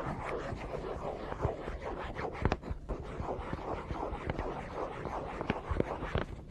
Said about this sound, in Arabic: هذا القلم أريد أن أقنعكم أنه قلم. هذه ورقة بيضاء وسأكتب فيها الآن بهذا القلم.